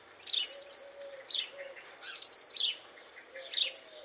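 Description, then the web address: Bird song: high trilled phrases falling in pitch, given twice, with shorter, softer calls between. "Deverinetal 2025. Bird Only"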